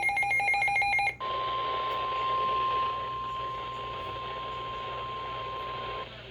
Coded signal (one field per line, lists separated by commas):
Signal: Emergency Alert System (SAME) tones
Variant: 1050 Hz attention tone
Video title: EAS #171 - Flash Flood Warning